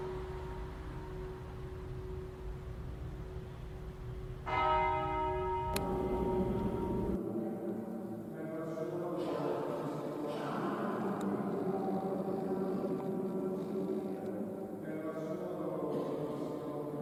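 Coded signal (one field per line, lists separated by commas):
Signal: bell signal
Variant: battiore and plenum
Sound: a low hum, then several church bells ringing together in a continuous rich peal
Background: outdoor ambience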